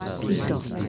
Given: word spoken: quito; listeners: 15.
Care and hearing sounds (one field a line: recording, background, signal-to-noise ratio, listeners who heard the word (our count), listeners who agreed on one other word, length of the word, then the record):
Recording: one Spanish word in noise, from a listening test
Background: eight-talker babble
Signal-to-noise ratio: -0.2 dB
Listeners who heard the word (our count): 1 of 15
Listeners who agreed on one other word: 7 of 15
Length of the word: 0.48 s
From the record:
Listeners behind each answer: 7, 2, 1, 1, 1, 1, 1, 1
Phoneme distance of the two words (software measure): 10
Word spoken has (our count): 2 syllables, 4 phonemes, stress on syllable 1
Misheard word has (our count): 2 syllables, 4 phonemes, stress on syllable 1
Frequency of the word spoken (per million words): 22.49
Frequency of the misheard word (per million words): 2.96